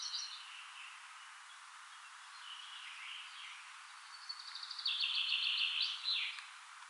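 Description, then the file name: Common chaffinch song: a few faint notes, then a phrase of quick notes running into a dense trill and a brief terminal flourish, with soft hiss behind. "Fringilla coelebs"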